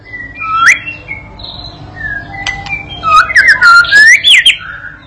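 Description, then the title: White-rumped shama song: scattered whistled notes and slurs, growing louder with a run of clear looping whistles near the end. Masteran (training) recording used to teach and provoke a young shama (paud) to sing energetically (gacor); meant to draw an immediate reply. "MURAI BATU PAUD BELAJAR GACOR, AJARI DENGAN MASTERAN PANCINGAN INI, PANCING LANGSUNG NYAUT"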